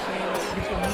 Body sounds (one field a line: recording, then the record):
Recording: coughing mixed with background sound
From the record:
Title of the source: Coughing 79